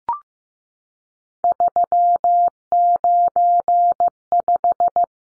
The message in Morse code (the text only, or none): 395